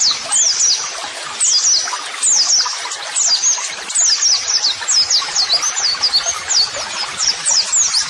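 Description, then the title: White-eye song: rapid, high-pitched twittering with quick downslurred and upslurred chips packed into busy bursts, almost without pause. White-eye singing vigorously ('gacor'), used as a model song (masteran) for training. "Pleci Gacor MASTERAN TERAPI PLECI"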